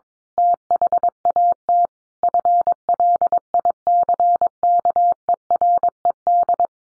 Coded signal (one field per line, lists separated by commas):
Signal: Morse code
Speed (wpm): 22 wpm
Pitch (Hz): 700 Hz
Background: none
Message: THAT FLICKERED